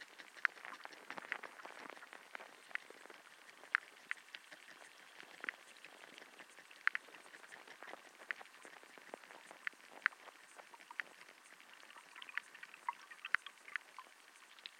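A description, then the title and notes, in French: A hydrophone recording from the Parc Jean-Jacques Rousseau in Ermenonville, France. Dense, irregular clicks and crackles fill the whole clip, with sharper ticks standing out every few seconds, around 0.5, 3.8, 6.9 and 10 seconds. There is almost no low rumble beneath them. Étang du Gouffre - Aube. Enregistrement hydrophonique, Parc Jean-Jacques Rousseau (Ermenonville, France). Sound Devices 722; Aquarian Audio H2a-XLR hydrophones.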